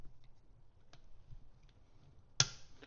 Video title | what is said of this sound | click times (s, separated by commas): XS Sights Install on a Glock 19 w/ Radian Ramjet + Afterburner | Once you hear it click, it's set to 15. | 2.4 s